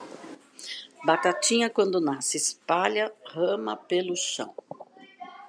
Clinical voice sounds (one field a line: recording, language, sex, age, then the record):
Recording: short text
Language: Brazilian Portuguese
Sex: female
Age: 60 to 69 years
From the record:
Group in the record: control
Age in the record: 62 years